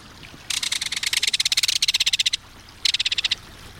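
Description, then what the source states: Belted Kingfisher rapid-fire rattle, harsh clicking notes in a long fast burst of about two seconds, a short pause, then a brief second burst. Reverberating, metallic rapid-fire call, used to warn intruders while dashing through the air.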